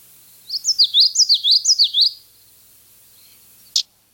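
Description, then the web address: Common yellowthroat song: a quick run of bright, high, rolling phrases repeated several times in under two seconds, then silence and one sharp click. Recorded in the Chicago region. "Birds of the Chicago Region. Common Yellowthroat"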